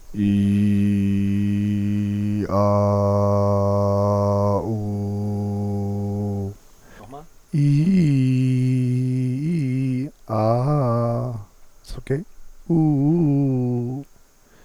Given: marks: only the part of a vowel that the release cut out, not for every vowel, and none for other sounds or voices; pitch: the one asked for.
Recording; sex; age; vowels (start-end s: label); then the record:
sustained vowels; male; 30 to 39 years
0.33-2.29 s: vowel /i/, low pitch
2.71-4.44 s: vowel /a/, low pitch
4.88-6.33 s: vowel /u/, low pitch
8.85-9.99 s: vowel /i/, low-high-low pitch
10.52-11.32 s: vowel /a/, low-high-low pitch
12.79-13.87 s: vowel /u/, low-high-low pitch
From the record:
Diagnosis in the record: dysphonia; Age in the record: 36 years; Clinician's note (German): Multifaktoriell